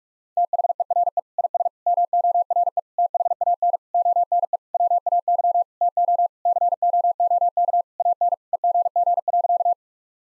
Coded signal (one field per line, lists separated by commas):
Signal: Morse code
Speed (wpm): 41 wpm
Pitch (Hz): 700 Hz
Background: none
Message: THERE IS MORE THAN ONE WAY TO COOK AN EGG.